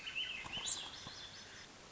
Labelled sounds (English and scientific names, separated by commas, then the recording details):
Swainson's Thrush (Catharus ustulatus)
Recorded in Sonoma County, California